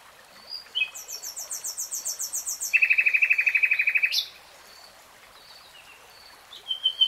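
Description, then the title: Nightingale delivering a series of high repeated notes growing louder, switching to a fast, lower buzzing trill and ending in a sharp upswept note; a few more notes follow. "[Tiếng chim hót] Nightingale Singing"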